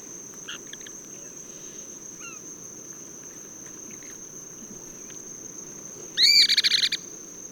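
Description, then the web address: Cliff flycatcher giving one loud burst of rapid, arched, ringing notes near the end, after quiet faint chips, over a constant high insect whine. Ecuador. "Natures Songs S America Birds of Ecuador Cliff Flycatcher"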